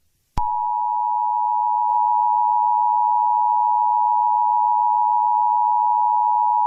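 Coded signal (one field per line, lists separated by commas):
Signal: Emergency Alert System (SAME) tones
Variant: 853 and 960 Hz attention tone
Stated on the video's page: Fictional EAS scenario.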